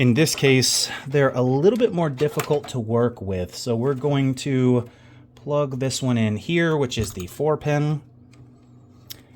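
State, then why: Seated. A plastic 4-pin power cable connector from a non-modular power supply is pushed into its socket on a graphics card while someone talks. After the talking stops, a faint tap comes at 8.3 s and a sharp click at 9.1 s, and the connector is seated.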